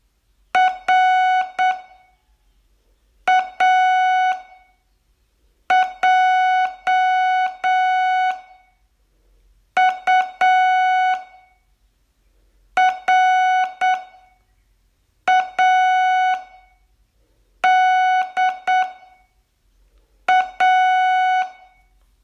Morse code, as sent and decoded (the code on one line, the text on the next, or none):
.-. .- .--- ..- .-. .- -.. .-
RAJURADA